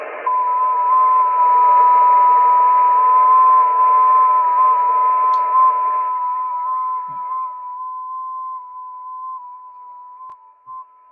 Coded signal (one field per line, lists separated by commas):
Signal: FT8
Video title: Danny Shortwave And Radio DX Live Stream 6/1/2025 Happy Yellow Radio Day & 6 Meter band FT8 contacts